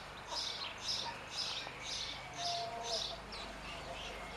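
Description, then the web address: Bird calls: quick series of high, rasping chirps, about two each second, above low background hiss. "cianscape birddata 2025 Bird Only Co Pa"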